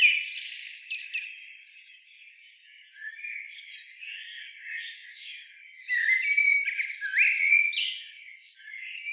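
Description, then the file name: Eurasian blackbird giving varied warbled and squeaky phrases, high chirps and short whistles in uneven bursts. "Turdus merula"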